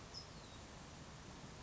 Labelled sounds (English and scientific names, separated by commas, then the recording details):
California Towhee (Melozone crissalis)
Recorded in Sonoma County, California